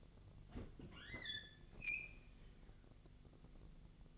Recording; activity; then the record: daily activity, microphone in the room; open fridge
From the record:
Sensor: 4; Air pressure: 1000.9 hPa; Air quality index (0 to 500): 135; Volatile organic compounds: 2 ppm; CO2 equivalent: 1004 ppm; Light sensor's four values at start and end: 27/66/27/29 and 26/62/26/28